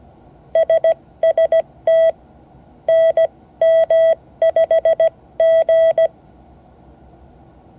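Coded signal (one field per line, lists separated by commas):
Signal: Morse code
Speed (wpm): 17 wpm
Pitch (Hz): 660 Hz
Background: none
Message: SST NM5G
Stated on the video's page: Morse code class session, part 10 of 12.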